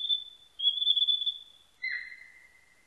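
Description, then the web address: Narcissus flycatcher song: steady high whistled notes followed by a lower, drawn-out whistle that settles and holds level. Recorded 21 May 1999. "1999 990521 kibitaki"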